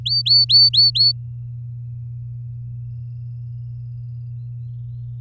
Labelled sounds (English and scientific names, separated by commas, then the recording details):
Domestic Canary (Serinus canaria) song
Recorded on 7 May 2018 at 14:33
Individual llb16